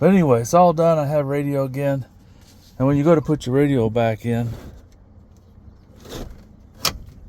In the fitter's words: it just snaps into place.